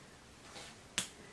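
A clip clasp on a school bag is pressed closed. After a quiet, low background with a faint brief rustle around 0.5–0.7 s, a single sharp, bright snap lands at 1.0 s as the clasp clips shut and seats.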